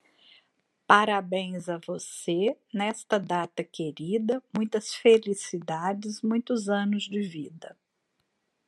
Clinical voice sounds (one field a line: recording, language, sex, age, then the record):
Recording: short text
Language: Brazilian Portuguese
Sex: female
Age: 50 to 59 years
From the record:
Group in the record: control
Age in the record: 58 years